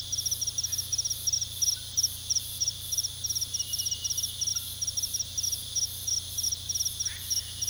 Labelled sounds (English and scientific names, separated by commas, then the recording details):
none
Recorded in pastures near Puerto Asís, Putumayo, Colombia, on 18 February 2024 at 00:30
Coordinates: 0.486, -76.323
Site G6462